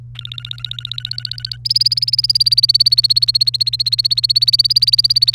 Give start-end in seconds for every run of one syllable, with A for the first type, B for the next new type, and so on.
0.15-1.56 A, 1.65-5.35 B